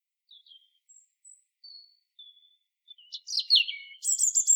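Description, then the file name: European robin song beginning with several thin, drawn-out high whistles spaced apart, then breaking into a louder burst of fast, jumbled warbling notes. "Erithacus rubecula"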